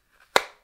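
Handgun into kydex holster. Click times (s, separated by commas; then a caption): 0.4 s. A pistol is pushed into a Kydex inside-the-waistband holster and snaps into the retention with a sharp click at 0.4 s, seating the gun. A faint rustle comes just before, around 0.2 s, and the click rings briefly before fading. No one talks.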